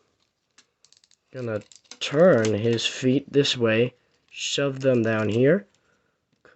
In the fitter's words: And then click this down. Do you hear that click?